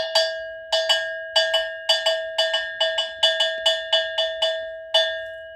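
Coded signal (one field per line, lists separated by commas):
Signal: bell signal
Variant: Dero gong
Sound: clanging iron gong struck about 16 times in a quick, uneven paired rhythm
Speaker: if the whole community wants to go around and clean a place, weed a place, or make, a community center so that we can enjoy ourselves there, sometimes this is how we beat it.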